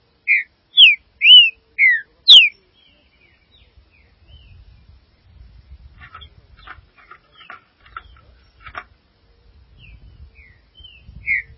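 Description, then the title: Green-winged saltator song: a phrase of five rich whistled notes, some slurred downward, then softer chips, a few faint whistles and low rustling. "Trinca Ferro"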